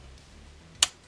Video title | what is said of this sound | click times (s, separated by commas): Динамометрический ключ Intertool XT-9007 | تا زمانی که کلیک کنید. بیشتر | 0.8 s